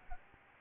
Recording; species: mosquito wingbeat signal from an infrared sensor; Aedes albopictus